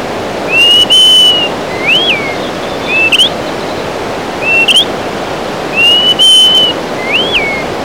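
Greater pewee whistling, a long level note, an arching slur and two upward flicks, then the level note and slur again, with steady rushing background sound.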